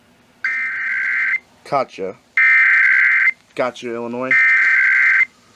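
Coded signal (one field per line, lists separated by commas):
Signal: Emergency Alert System (SAME) tones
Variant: header bursts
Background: speech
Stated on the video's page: Statewide tornado drill for Illinois and Missouri, plus other tests.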